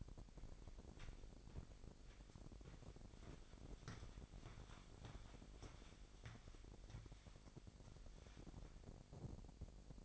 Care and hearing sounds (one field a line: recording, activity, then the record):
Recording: daily activity, microphone in the room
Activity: walk to room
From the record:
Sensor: 5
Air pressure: 1012.3 hPa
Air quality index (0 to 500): 238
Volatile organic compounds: 4 ppm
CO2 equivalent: 1586 ppm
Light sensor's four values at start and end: 55/128/53/56 and 53/122/52/55